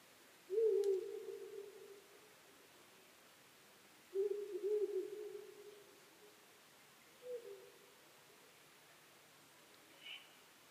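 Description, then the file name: Owl hooting: low, hollow hoots, the first two long with fading tails, a shorter third, then a brief fainter note near the end. Recorded 23 May 2010 at 00:59. "fukurou-20100523-0059"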